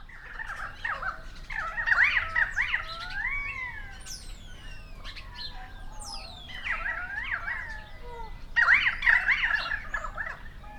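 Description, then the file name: Currawongs calling in a group, bursts of gurgling, chattering notes alternating with sweeping whistled slides, loudest around two and nine seconds. Several currawongs, recorded 28 May 2013. "130528 Currawongs"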